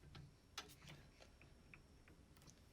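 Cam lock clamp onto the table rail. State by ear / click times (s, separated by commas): seated / 0.6 s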